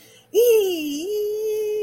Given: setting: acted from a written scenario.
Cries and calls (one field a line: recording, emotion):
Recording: vocal sound without words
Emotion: elation